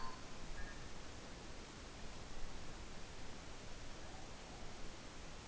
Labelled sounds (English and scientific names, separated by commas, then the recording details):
Morepork (Ninox novaeseelandiae) more-pork call
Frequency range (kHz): Morepork (Ninox novaeseelandiae) 0.6-1.1 kHz
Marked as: faintness 5/5
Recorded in New Zealand on 12 November 2013
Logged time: 02:19
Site Ponui